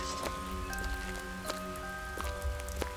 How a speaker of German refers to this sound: Jetzt werde ich aber nicht hier im Regen stehen bleiben und es mir nur von außen ansehen.